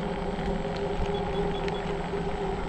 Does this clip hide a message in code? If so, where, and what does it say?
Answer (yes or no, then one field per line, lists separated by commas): no